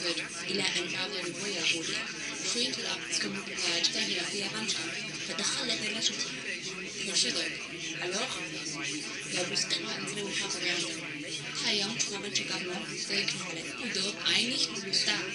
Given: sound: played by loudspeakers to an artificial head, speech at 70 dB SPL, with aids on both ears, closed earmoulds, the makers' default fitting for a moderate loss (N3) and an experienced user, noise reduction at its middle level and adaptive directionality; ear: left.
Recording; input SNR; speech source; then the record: speech test signal (ISTS) in cocktail-party noise; 0 dB; on the right (90 degrees)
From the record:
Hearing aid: class 1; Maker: B